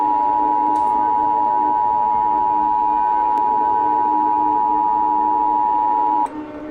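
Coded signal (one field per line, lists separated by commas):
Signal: Emergency Alert System (SAME) tones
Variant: 853 and 960 Hz attention tone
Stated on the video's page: Fictional EAS scenario.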